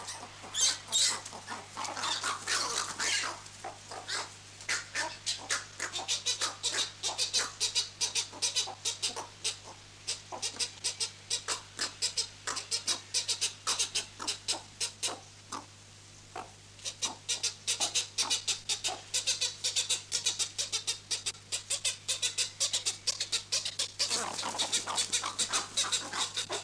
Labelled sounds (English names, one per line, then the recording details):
Western Cattle Egret call
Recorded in captivity
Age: diverse
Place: Tierpark Berlin, Berlin, DE
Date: 2006-09-14 15:45
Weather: sonnig, 25°C
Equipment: Grundig CR 110, Sennheiser ME 80, Kopie Uher 4000 Report Monitor
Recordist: Tembrock, Günter
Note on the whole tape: Agonistisch, spontan und Halbwüchsiger. Netzbrummen